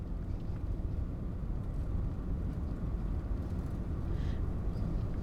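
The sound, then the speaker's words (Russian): A steady, low rumble of an engine heard from inside a moving car driven by a mother with her daughter in the passenger seat, with constant road noise and a faint airy hiss on top, unchanging throughout. “Теперь Хала сидит на пассажирском сиденье и смотрит вниз, пока ее мать ведет машину.”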